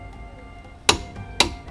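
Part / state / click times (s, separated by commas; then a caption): torque wrench tightening a nut on the car / torque reached / 0.9 s, 1.4 s. A torque wrench set to the specified 129 foot-pounds tightens a large nut on a Vauxhall Corsa C during a handbrake cable fitting job. Two sharp, bright clicks sound at 0.9 s and 1.4 s over a quiet low background hum. The wrench clicks at its setting, confirming the nut has reached torque.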